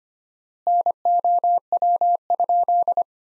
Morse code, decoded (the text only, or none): NOW?